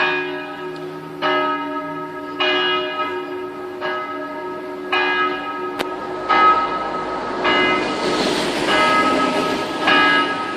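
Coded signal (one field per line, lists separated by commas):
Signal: bell signal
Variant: distesa swinging peal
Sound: a single swinging church bell striking steadily, roughly once a second, ringing on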